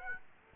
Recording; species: mosquito wingbeat signal from an infrared sensor; Aedes aegypti